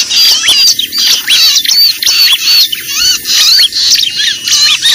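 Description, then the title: Lovebird chatter: shrill squeaky chirps and wavering notes in dense, repeating bursts. Lure recording used to attract birds (pikat). "PIKAT BURUNG LOVEBIRD"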